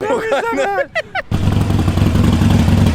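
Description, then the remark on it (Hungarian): A man speaks briefly, then a new motorcycle's engine abruptly roars in, its loud exhaust giving a deep, throaty, pulsing rumble that holds steady to the end. “Amúgy ez lesz a napi blog, hogy megnézték az új motort?”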